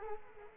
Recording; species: mosquito wingbeat signal from an infrared sensor; Culex quinquefasciatus